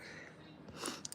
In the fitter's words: Now you see it cl closed all the way. Just click